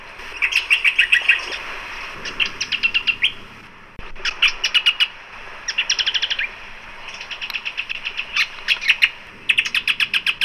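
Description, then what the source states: Silver-eared honeyeater singing in repeated rapid phrases of sharp, twittering notes, each burst lasting about a second with brief gaps between. Nominate subspecies Lichmera argentauris argentauris.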